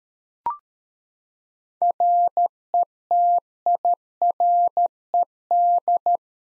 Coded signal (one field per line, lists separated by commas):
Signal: Morse code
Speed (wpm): 13 wpm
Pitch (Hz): 700 Hz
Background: none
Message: RETIRED